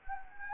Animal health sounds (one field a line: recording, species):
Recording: mosquito wingbeat signal from an infrared sensor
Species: Anopheles gambiae